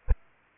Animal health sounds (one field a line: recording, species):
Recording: mosquito wingbeat signal from an infrared sensor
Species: Aedes albopictus